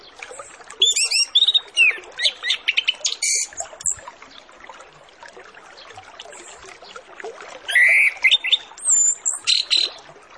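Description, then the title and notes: Orange-headed Thrush song, two bursts of varied high whistles, trills and sliding notes separated by a quiet stretch of hiss. Full, richly varied master song used as a lure to get Orange-headed Thrushes to sing quickly and openly. "Masteran Anis Kembang Full Isian Untuk Suara Pancingan Anis Kembang Agar Cepat Ngeplong. Suara Burung Anis Kembang"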